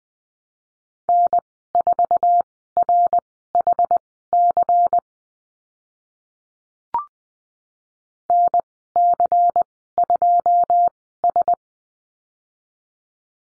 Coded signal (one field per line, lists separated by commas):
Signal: Morse code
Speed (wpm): 19 wpm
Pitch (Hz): 700 Hz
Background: none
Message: N4RHC NC2S